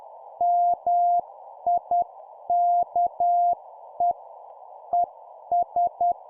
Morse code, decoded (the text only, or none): MIKE ES